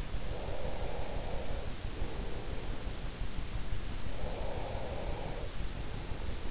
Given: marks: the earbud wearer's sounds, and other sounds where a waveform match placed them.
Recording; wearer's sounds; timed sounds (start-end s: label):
sounds in sleep by an in-ear microphone; breath
0.40-2.98 s: breath
4.05-6.51 s: breath